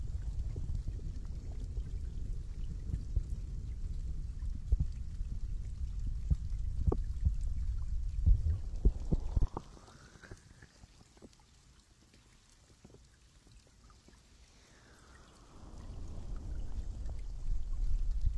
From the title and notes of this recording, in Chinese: 舒缓催眠潜入深海 深海捂耳。